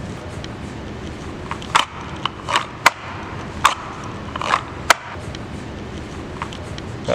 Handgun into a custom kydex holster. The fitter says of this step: That positive All click is what you're hunting for.